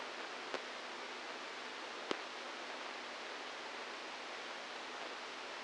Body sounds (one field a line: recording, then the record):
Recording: brain microelectrode recording played as sound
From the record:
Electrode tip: outside the subthalamic nucleus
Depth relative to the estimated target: -3 mm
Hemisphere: right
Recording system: NeuroSet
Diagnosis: Parkinson's disease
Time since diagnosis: 8 years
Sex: male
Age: 46 years